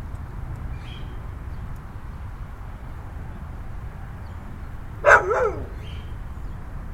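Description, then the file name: Dog giving one loud bark followed closely by a softer second bark, after several seconds of steady low background noise. Suburban neighborhood background. "Suburban Neighborhood With Dog"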